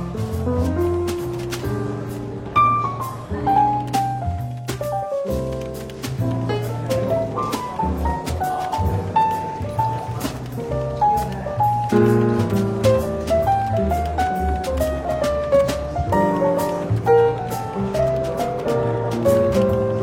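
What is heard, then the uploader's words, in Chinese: Soft, relaxed jazz plays steadily in a bookshop café, with a walking bass line and a gentle melody of clear notes. Frequent light taps and clinks run throughout, and the music briefly drops out near the five-second mark before continuing. 伦敦书店咖啡馆轻微喧闹氛围与柔和轻松的爵士背景音乐。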